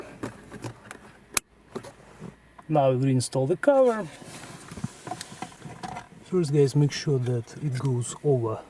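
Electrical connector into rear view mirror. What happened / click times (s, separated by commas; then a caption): The connector clicked home / 1.4 s. An electrical connector is plugged back into the interior rear view mirror of a 2019–2025 Lexus UX after the mirror is reinstalled. It snaps in with a sharp, loud click at 1.4 s, with a few faint taps and handling noises around it, and the connector is seated. Someone then talks.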